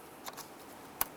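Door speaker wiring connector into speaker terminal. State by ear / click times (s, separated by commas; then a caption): seated / 1.0 s. A wiring harness plug is pushed onto the plastic connector of a door speaker on a 2006–2010 Ford Explorer. Faint handling rustles around 0.3–0.4 s are followed by a sharp, bright click at 1.0 s. The plug seats on the speaker terminal and is tugged to confirm it is locked.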